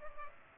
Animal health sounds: mosquito wingbeat signal from an infrared sensor; Culex pipiens

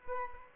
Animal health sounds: mosquito wingbeat signal from an infrared sensor; Aedes aegypti

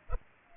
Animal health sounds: mosquito wingbeat signal from an infrared sensor; Culex pipiens

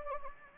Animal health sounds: mosquito wingbeat signal from an infrared sensor; Anopheles gambiae

